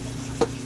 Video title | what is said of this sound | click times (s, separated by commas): TRRS #0515 - HDTV Antenna - Part 2, Assembly | where there's the hole oh clicked in place that's good | 0.4 s